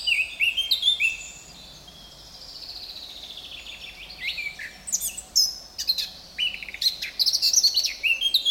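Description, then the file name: Eurasian blackcap warbling briefly, a quiet gap, then a lively stream of chattering and whistled notes growing louder toward the end. "Sylvia atricapilla"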